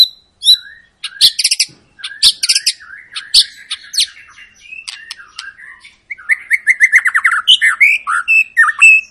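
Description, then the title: White-rumped shama song, opening with sharp high clicks and short whistles, then speeding into dense trills and rapid chattering phrases. Long lure recording (pancingan) of a persistently singing (gacor) white-rumped shama, used to prompt other birds to sing. "Pancingan Murai Batu Gacor Panjang"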